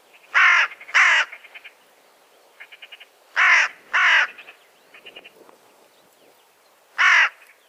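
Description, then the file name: Carrion crow cawing: harsh, hoarse caws in pairs and singles, with softer clicking, rattling notes between them over about eight seconds. "Corvus corone"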